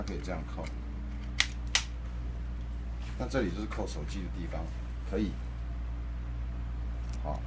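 Someone talks while fitting the phone-holding clamp into its mount on a KD1300 three-axis gimbal stabilizer, with two brief sharp handling sounds at about 1.4 s and 1.8 s over a steady low hum. The clamp is still being handled, and nothing has seated or clicked yet.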